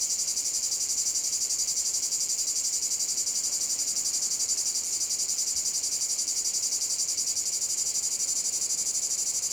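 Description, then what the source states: Cicada song, an unbroken, shrill, high-pitched buzzing with a fast, even pulse throughout. Cicada field at Domaine de la Sablière, Saint-Privat-de-Champclos, France; recorded with a Zoom H6 using an M/S microphone.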